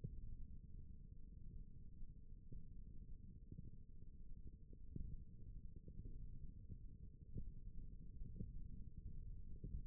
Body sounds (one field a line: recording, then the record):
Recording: forearm muscle sounds (acoustic myography)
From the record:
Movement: index flexion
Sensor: system 1, eight BSWA MPA416 microphones around the upper forearm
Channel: 1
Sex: male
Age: 21 years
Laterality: right